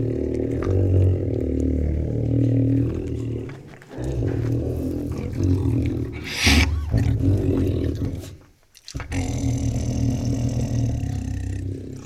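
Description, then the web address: Tiger giving long, deep growls, broken by a sharp wet burst like a lick and a brief silent gap before the growling resumes. Many deep growls and licks from tigers. "Sound Ideas Tigers Sound Effects"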